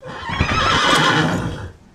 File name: horse whinny